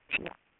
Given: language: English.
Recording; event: throat vibration sensor signal played as sound; swallow